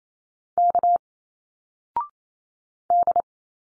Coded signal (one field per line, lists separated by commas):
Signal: Morse code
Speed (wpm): 28 wpm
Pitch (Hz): 700 Hz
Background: none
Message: K D